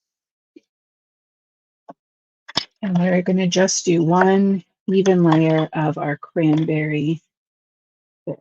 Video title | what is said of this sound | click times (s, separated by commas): A Holly Branch Holiday Card | and it will relock into place for me | 2.5 s, 2.6 s